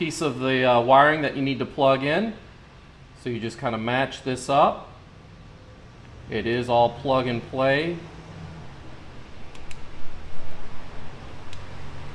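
Someone talks while the last wiring plug of an older Hansshow frunk kick-sensor kit for a Tesla Model 3 is lined up with the power frunk main module's plastic connector. Quiet handling follows, with a few faint sharp ticks near 9.6 s and 11.5 s. Nothing has seated or clicked yet.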